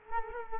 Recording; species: mosquito wingbeat signal from an infrared sensor; Culex quinquefasciatus